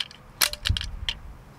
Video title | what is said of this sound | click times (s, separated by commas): BABY MICE FOUND LEFT TO DIE IN TINY-HOLE ! WHAT NOW ?! | on okay we got it to work now that it's clicked in place it's set | 1.1 s